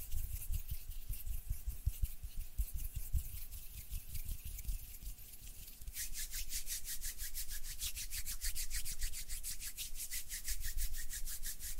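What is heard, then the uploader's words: Hands rub and move in a steady, close-packed rhythm of soft scraping strokes, like sawing or rubbing on wood. For the first six seconds the strokes are duller, with low thumps beneath; after that they turn brighter and hissier, repeating quickly and evenly to the end. HAND SOUNDS AND MOVEMENTS ASMR.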